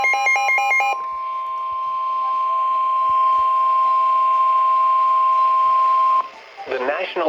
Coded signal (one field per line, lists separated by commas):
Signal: Emergency Alert System (SAME) tones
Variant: 1050 Hz attention tone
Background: speech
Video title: EAS #469: SMW